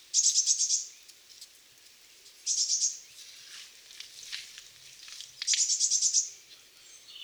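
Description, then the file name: Eurasian blue tit giving three rapid bursts of high, trilled notes a few seconds apart, with fainter high notes between bursts. "Cyanistes caeruleus"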